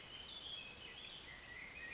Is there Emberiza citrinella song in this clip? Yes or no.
no